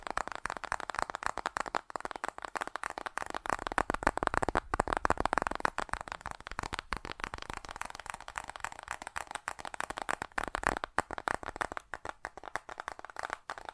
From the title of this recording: ASMR Fast Tapping